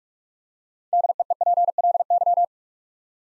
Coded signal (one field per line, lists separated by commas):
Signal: Morse code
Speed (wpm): 44 wpm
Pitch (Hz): 700 Hz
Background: none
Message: DEEPLY